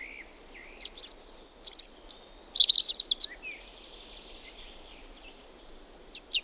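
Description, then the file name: European robin song phrase of high sliding whistles and rapid tinkling notes. It trails into a faint, thin, drawn-out tone and a long pause. "punarind"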